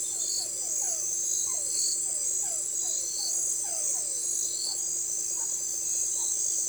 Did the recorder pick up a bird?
no